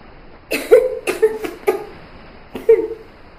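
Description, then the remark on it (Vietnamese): A woman coughs in four harsh, wet bursts, three close together and then one more after a short pause, sounding strained as she coughs up seawater trapped in her throat. “Vài tiếng ho vang lên, nước biển bị dồn nén trong cổ họng cô được ho ra.”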